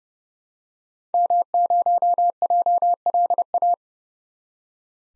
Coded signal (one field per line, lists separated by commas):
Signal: Morse code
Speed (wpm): 30 wpm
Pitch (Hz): 700 Hz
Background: none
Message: M0JLA